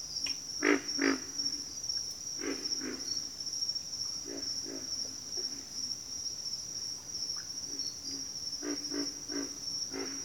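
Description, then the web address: Low pig frog grunts, louder doubled grunts at the start then softer scattered ones, beneath a steady high-pitched insect buzz. "Sounds of Nature Collection. Pig Frogs"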